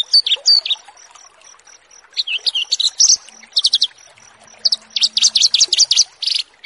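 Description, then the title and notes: Horsfield's bush lark song of sharp high chirps building into a fast, dense rattling run near the end, a faint steady ticking beneath. Branjangan song used for bird-keeping tutoring (masteran), in a recording titled 'Branjangan VS BURGER'. "Branjangan VS BURGER Masteran Mewah. burung BRANJANGAN"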